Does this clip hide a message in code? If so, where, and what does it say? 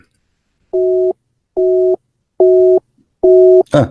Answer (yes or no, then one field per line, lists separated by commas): no